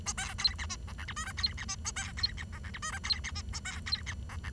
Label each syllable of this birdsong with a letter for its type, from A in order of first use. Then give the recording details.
A B C D E F G H I J C D E A B C D F G H I J C D E A B C D F G. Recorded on 23 June 2012 at 08:46. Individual gr41rd51